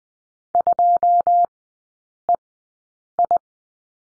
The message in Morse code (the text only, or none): 2 E I